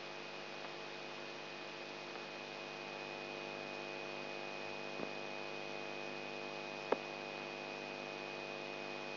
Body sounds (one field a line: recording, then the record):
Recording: brain microelectrode recording played as sound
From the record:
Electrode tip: outside the subthalamic nucleus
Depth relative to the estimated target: -6 mm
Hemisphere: right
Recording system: AlphaMap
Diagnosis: Parkinson's disease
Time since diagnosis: 8 years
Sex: male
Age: 59 years